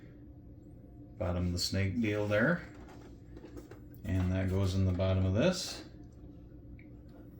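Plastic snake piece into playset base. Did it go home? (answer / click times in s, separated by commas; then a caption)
yes / 6.8 s. A plastic snake piece from a Masters of the Universe Origins Eternia playset is fitted into the bottom of the playset base while someone talks. Two faint knocks come at about 3.7 and 3.9 seconds. The piece locks into place with a short, sharp click at 6.8 seconds.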